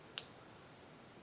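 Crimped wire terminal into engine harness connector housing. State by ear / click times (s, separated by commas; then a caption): seated / 0.2 s. A crimped terminal on the solid black wire is pushed into the first cavity of an engine harness connector housing. A single sharp click is heard at 0.2 s, and the terminal seats in the housing.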